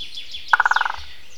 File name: nagy fakopáncs dobolás